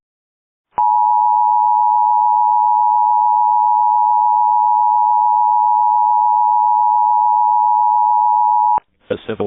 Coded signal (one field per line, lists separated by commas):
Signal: Emergency Alert System (SAME) tones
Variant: 853 and 960 Hz attention tone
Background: speech